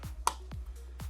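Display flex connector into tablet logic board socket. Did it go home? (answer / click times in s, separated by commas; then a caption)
yes / 0.3 s. A display flex connector on the side of a Surface Pro 2 tablet's internal logic board is pressed down into its socket during a screen replacement. A single sharp, bright snap at 0.3 s confirms it has clicked in and seated. Fainter ticks and swishes surround it over a low steady hum.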